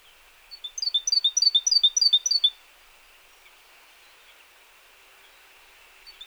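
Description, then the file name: Great tit short burst of rapid high three-note phrases lasting about two seconds, followed by quiet background hiss. "Parus major"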